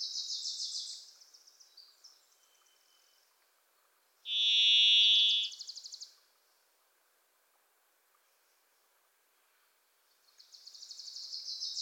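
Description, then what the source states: Varied thrush gives a single drawn-out buzzy whistle amid bursts of a Wilson's Warbler's rapid chattering trill, with quiet gaps between. Pacific Northwest forest; a Wilson's Warbler sings alongside, as if urging the thrush to come forward.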